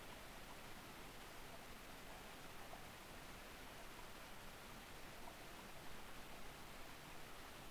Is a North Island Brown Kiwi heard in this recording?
no